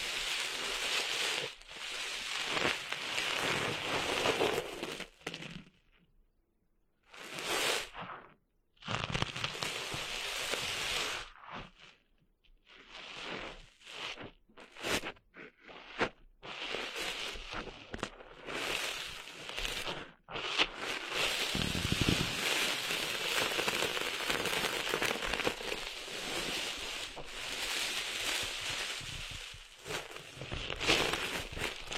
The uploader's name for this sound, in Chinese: 沙沙沙…沙滩的沙沙声